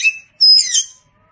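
Oriental magpie-robin phrase: a brief scratchy note, a short gap, then a clear high whistle running into a buzzy twitter.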